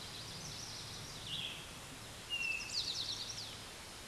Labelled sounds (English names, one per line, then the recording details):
Eastern Towhee song
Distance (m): 5 m
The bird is about level with the microphone
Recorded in a Pennsylvania forest on 16 May 2024 at 09:51
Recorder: AudioMoth, point MSD-1368
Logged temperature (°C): 12.5 °C
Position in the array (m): 3 m, 44 m